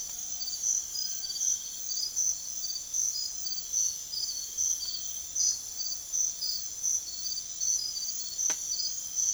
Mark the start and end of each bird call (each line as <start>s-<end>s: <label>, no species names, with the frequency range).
0.62s-1.62s: bird call (0.7-1.9 kHz)